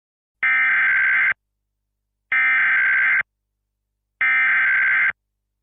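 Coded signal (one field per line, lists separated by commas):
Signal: Emergency Alert System (SAME) tones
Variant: header bursts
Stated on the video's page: Fictional scenario alert, a recreation rather than a real activation.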